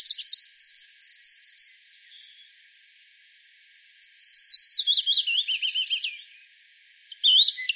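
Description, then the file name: European robin song: a high warbled phrase, a pause, then a long phrase of quick wavering notes falling in pitch, and the start of another phrase at the end. "Erithacus rubecula"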